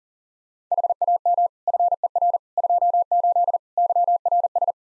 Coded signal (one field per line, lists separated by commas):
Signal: Morse code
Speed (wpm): 40 wpm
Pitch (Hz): 700 Hz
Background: none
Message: HAM FER 28 YRS